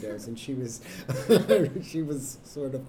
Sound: laugh

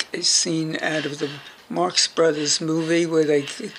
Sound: none

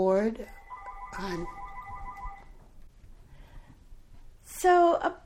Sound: phone ringing

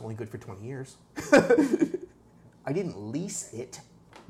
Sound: laughs

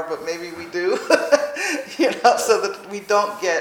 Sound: laughs

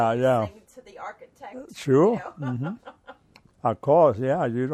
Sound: laughs

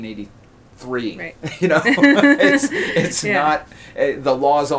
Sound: laughter

